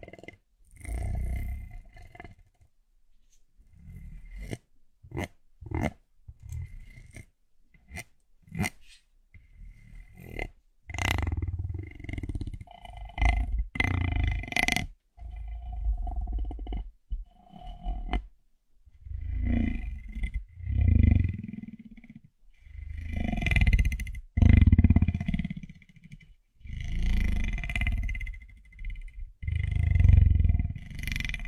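An ear massage: for the first ten seconds, sharp separate taps and clicks land roughly once a second. After that come dense, low, muffled rubbing and rumbling sounds in uneven bursts with short pauses, with brighter scratchy swishes toward the end.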